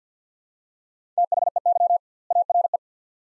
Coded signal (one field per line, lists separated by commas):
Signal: Morse code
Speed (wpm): 50 wpm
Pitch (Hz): 700 Hz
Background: none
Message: THEY ARE